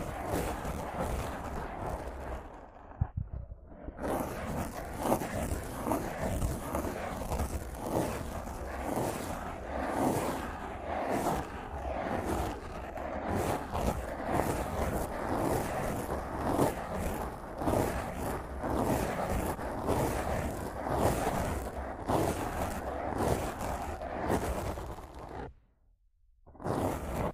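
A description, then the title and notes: Rough microphone scratching and brushing, dense rasping strokes repeating quickly and steadily, with brief pauses near three seconds and twenty-five seconds. Rough Mic Scratching & Brushing (No Talking).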